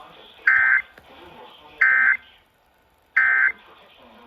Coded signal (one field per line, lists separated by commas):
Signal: Emergency Alert System (SAME) tones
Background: speech